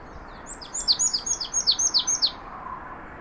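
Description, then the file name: Marsh tit giving a rapid string of roughly ten sharp, descending high notes, with a few thinner, higher chips above them. "Poecile palustris"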